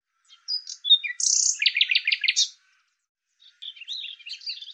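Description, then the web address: Bird song: a jumble of thin high chirps, then a fast buzzy trill of pulsed notes, a pause, and a scratchy twittering phrase; background silent. "Deverinetal 2025"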